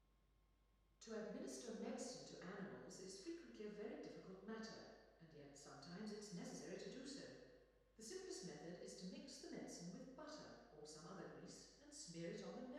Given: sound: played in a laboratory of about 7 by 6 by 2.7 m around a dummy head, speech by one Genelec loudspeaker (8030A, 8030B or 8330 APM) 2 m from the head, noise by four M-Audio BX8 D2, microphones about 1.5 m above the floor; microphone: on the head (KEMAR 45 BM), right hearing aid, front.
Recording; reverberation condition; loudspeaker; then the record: female speech in English; high; 30 degrees to the left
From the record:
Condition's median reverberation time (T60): about 1300 ms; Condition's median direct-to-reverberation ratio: about -4.0 dB